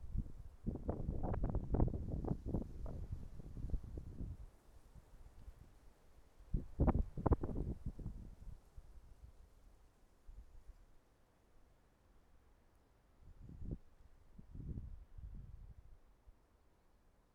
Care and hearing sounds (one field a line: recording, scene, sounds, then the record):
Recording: everyday scene through a hearing-aid microphone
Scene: wind on the microphone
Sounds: wind, traffic, birds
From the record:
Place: suburban garden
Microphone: behind the ear, right, front